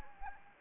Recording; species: mosquito wingbeat signal from an infrared sensor; Anopheles gambiae